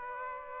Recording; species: mosquito wingbeat signal from an infrared sensor; Aedes aegypti